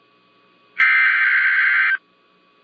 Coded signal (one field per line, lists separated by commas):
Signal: Emergency Alert System (SAME) tones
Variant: header bursts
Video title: EAS #69 - Severe Thunderstorm Warning